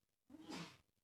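A single adult male sneeze lasting about half a second: a brief voiced intake that bursts into a loud, hissy explosive release, then quiet. It is an ordinary sneeze, caught on a studio microphone during a live radio show.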